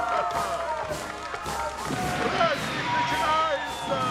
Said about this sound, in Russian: Со строящегося фасада ратуши взлетают оставляющие золотой след ракеты салюта.